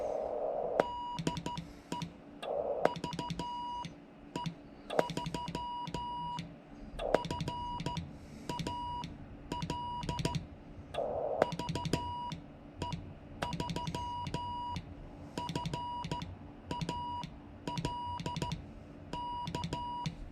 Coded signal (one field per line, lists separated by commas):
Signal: Morse code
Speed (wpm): 14 wpm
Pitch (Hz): 970 Hz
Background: music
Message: DE VE3FAL VE3FAL K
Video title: QSO with AD9Y WI and VE3FAL CW